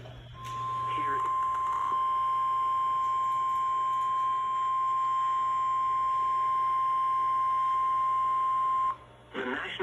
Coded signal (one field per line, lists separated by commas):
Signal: Emergency Alert System (SAME) tones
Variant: 1050 Hz attention tone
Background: speech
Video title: (EAS #1-3) 3 Severe Thunderstorm Warnings for N.C. Peidmont (7/18/2020)